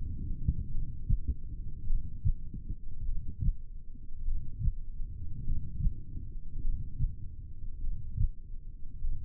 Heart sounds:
heart sounds by stethoscope; 51 bpm
0.73 s: heartbeat
1.88 s: heartbeat
3.07 s: heartbeat
4.27 s: heartbeat
5.45 s: heartbeat
6.63 s: heartbeat
7.83 s: heartbeat
9.03 s: heartbeat
From the record:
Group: heart failure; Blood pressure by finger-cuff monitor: 111/58 mmHg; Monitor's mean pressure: 75 mmHg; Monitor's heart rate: 51 bpm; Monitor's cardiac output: 4.6 L/min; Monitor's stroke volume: 91 mL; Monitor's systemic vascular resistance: 1170 dyn s/cm5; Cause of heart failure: cardiac sarcoid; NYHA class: 1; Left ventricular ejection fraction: 39%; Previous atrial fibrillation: present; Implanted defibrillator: present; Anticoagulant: apixaban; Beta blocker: carvedilol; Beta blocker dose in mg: 50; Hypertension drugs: ramipril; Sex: male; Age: 79 years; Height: 184 cm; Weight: 92.5 kg

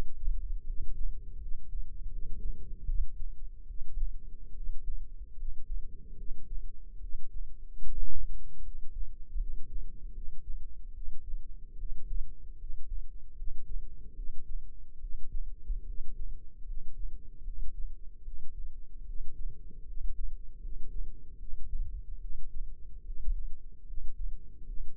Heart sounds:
heart sounds by microphone in the left ear; 75 bpm
0.65 s: heartbeat
1.39 s: heartbeat
2.09 s: heartbeat
2.86 s: heartbeat
3.66 s: heartbeat
4.54 s: heartbeat
5.36 s: heartbeat
6.16 s: heartbeat
7.00 s: heartbeat
7.83 s: heartbeat
8.62 s: heartbeat
9.37 s: heartbeat
10.13 s: heartbeat
10.93 s: heartbeat
11.76 s: heartbeat
12.57 s: heartbeat
13.35 s: heartbeat
14.14 s: heartbeat
14.99 s: heartbeat
15.85 s: heartbeat
16.65 s: heartbeat
17.43 s: heartbeat
18.23 s: heartbeat
19.05 s: heartbeat
19.85 s: heartbeat
20.60 s: heartbeat
21.38 s: heartbeat
22.20 s: heartbeat
23.04 s: heartbeat
23.85 s: heartbeat
24.65 s: heartbeat
From the record:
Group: healthy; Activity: rest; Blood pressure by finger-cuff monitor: 98/72 mmHg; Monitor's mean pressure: 81 mmHg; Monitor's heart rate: 75 bpm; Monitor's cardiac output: 5.3 L/min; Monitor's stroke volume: 71 mL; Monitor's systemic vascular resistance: 1090 dyn s/cm5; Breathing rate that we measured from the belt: 16 breaths a minute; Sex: male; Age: 21 years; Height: 170 cm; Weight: 71 kg

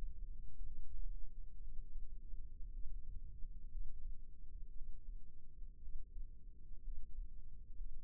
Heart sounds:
heart sounds by microphone in the left ear; 58 bpm
0.56 s: heartbeat
1.61 s: heartbeat
2.73 s: heartbeat
3.71 s: heartbeat
4.74 s: heartbeat
5.81 s: heartbeat
6.84 s: heartbeat
7.76 s: heartbeat
From the record:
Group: healthy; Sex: male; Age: 22 years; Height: 181 cm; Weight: 79 kg

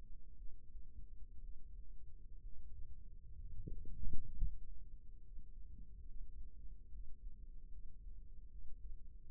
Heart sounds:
heart sounds by microphone in the right ear; 67 bpm
0.36 s: heartbeat
1.39 s: heartbeat
2.38 s: heartbeat
3.35 s: heartbeat
4.31 s: heartbeat
5.21 s: heartbeat
6.06 s: heartbeat
6.89 s: heartbeat
7.69 s: heartbeat
8.48 s: heartbeat
9.26 s: heartbeat
From the record:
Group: healthy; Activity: cold pressor test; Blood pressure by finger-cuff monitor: 139/64 mmHg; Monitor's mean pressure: 87 mmHg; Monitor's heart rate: 63 bpm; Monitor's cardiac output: 6.3 L/min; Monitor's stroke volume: 100 mL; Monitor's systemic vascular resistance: 1010 dyn s/cm5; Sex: female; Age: 37 years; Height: 168 cm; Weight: 70 kg

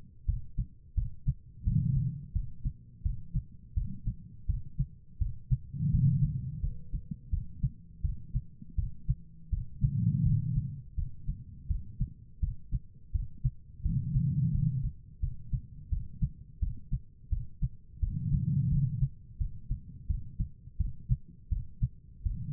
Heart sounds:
heart sounds by stethoscope; 85 bpm
0.26 s: heartbeat
0.95 s: heartbeat
1.64 s: heartbeat
2.33 s: heartbeat
3.03 s: heartbeat
3.74 s: heartbeat
4.47 s: heartbeat
5.19 s: heartbeat
5.91 s: heartbeat
6.61 s: heartbeat
7.30 s: heartbeat
8.02 s: heartbeat
8.76 s: heartbeat
9.50 s: heartbeat
10.23 s: heartbeat
10.95 s: heartbeat
11.68 s: heartbeat
12.40 s: heartbeat
13.12 s: heartbeat
13.83 s: heartbeat
14.52 s: heartbeat
15.20 s: heartbeat
15.90 s: heartbeat
16.60 s: heartbeat
17.30 s: heartbeat
18.00 s: heartbeat
18.69 s: heartbeat
19.38 s: heartbeat
20.07 s: heartbeat
20.78 s: heartbeat
21.49 s: heartbeat
22.23 s: heartbeat
From the record:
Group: healthy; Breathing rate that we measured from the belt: 14 breaths a minute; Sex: female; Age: 51 years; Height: 162 cm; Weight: 70.04 kg

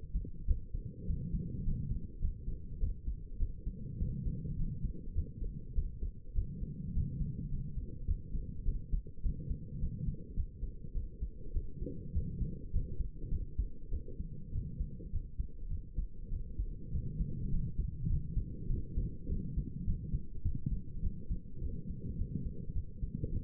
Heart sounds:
heart sounds by stethoscope; 102 bpm
0.48 s: heartbeat
1.07 s: heartbeat
1.66 s: heartbeat
2.21 s: heartbeat
2.80 s: heartbeat
3.40 s: heartbeat
4.00 s: heartbeat
4.58 s: heartbeat
5.15 s: heartbeat
5.75 s: heartbeat
6.35 s: heartbeat
6.95 s: heartbeat
7.51 s: heartbeat
8.07 s: heartbeat
8.65 s: heartbeat
9.23 s: heartbeat
9.81 s: heartbeat
10.36 s: heartbeat
10.94 s: heartbeat
11.54 s: heartbeat
12.14 s: heartbeat
12.73 s: heartbeat
13.31 s: heartbeat
13.92 s: heartbeat
14.53 s: heartbeat
15.12 s: heartbeat
15.70 s: heartbeat
16.31 s: heartbeat
16.92 s: heartbeat
17.52 s: heartbeat
18.09 s: heartbeat
18.69 s: heartbeat
19.29 s: heartbeat
19.87 s: heartbeat
20.44 s: heartbeat
21.02 s: heartbeat
21.61 s: heartbeat
22.18 s: heartbeat
22.75 s: heartbeat
23.32 s: heartbeat
From the record:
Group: healthy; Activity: rest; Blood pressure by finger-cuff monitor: 128/82 mmHg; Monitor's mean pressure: 93 mmHg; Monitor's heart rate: 103 bpm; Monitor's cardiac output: 7.6 L/min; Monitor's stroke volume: 74 mL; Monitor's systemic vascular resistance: 900 dyn s/cm5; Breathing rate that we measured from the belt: 22 breaths a minute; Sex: female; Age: 22 years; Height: 163 cm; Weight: 67.1 kg

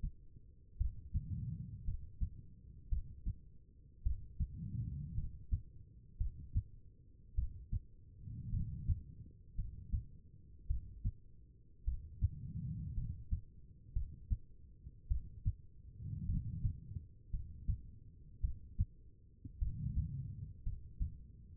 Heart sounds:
heart sounds by stethoscope; 54 bpm
0.78 s: heartbeat
1.85 s: heartbeat
2.89 s: heartbeat
4.03 s: heartbeat
5.15 s: heartbeat
6.18 s: heartbeat
7.35 s: heartbeat
8.51 s: heartbeat
9.56 s: heartbeat
10.67 s: heartbeat
11.85 s: heartbeat
12.95 s: heartbeat
13.93 s: heartbeat
15.08 s: heartbeat
16.26 s: heartbeat
17.31 s: heartbeat
18.41 s: heartbeat
19.59 s: heartbeat
20.63 s: heartbeat
From the record:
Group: healthy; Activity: rest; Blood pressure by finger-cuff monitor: 81/53 mmHg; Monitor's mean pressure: 62 mmHg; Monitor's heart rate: 54 bpm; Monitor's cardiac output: 4.2 L/min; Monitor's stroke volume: 76 mL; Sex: female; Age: 36 years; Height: 163 cm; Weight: 88 kg

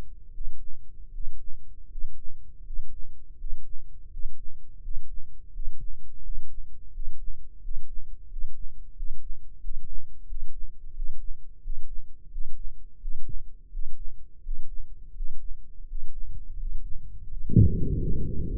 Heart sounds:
heart sounds by microphone in the left ear; 85 bpm
0.27 s: heartbeat
1.07 s: heartbeat
1.85 s: heartbeat
2.60 s: heartbeat
3.33 s: heartbeat
4.06 s: heartbeat
4.78 s: heartbeat
5.49 s: heartbeat
6.19 s: heartbeat
6.89 s: heartbeat
7.58 s: heartbeat
8.26 s: heartbeat
8.92 s: heartbeat
9.58 s: heartbeat
10.24 s: heartbeat
10.92 s: heartbeat
11.59 s: heartbeat
12.28 s: heartbeat
12.97 s: heartbeat
13.69 s: heartbeat
14.40 s: heartbeat
15.12 s: heartbeat
15.85 s: heartbeat
16.57 s: heartbeat
17.27 s: heartbeat
17.96 s: heartbeat
From the record:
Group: healthy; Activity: breath hold 0-17 s, rest 17-19 s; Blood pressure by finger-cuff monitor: 100/68 mmHg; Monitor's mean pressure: 78 mmHg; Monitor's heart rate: 85 bpm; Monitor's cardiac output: 7.7 L/min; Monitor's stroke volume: 91 mL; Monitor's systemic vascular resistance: 700 dyn s/cm5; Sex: male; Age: 23 years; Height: 178 cm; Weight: 96.6 kg

